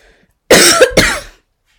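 An adult coughs twice in quick succession: two short, harsh bursts.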